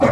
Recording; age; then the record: pig call; growing-finishing pig (85 days or more)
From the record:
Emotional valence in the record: positive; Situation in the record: run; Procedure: transit